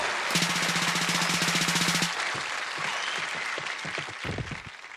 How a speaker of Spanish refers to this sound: aplauso para recibir al hombre de la barriga de acero.